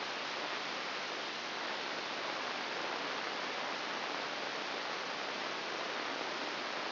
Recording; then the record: brain microelectrode recording played as sound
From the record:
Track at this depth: inside the subthalamic nucleus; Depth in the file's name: 3.802 mm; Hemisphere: right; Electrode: 3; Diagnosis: Parkinson's disease